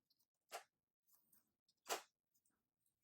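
A plastic cap is handled at the top of a topical cream medication dispenser, being pushed back on. Two broad rustling bursts of handling come at about 0.5 and 1.9 seconds, with faint scrapes between them and a sudden sound starting right at the end. The cap has not seated or clicked on yet.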